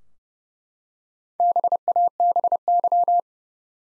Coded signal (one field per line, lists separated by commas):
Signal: Morse code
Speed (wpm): 30 wpm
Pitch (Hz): 700 Hz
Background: none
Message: BABY